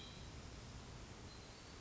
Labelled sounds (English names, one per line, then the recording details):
Hermit Thrush
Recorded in Sonoma County, California